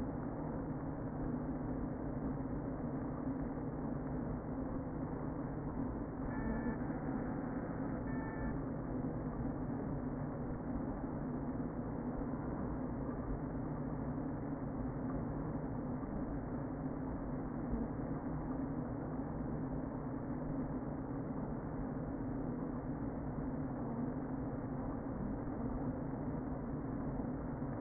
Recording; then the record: honeybee colony, microphone inside the hive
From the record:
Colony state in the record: queen present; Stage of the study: before two queens were removed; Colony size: about 60,000 bees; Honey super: yes